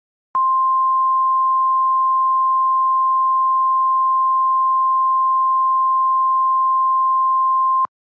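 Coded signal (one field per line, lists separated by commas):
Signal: Emergency Alert System (SAME) tones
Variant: 1050 Hz attention tone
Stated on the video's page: Fictional zombie scenario alert, not a real warning.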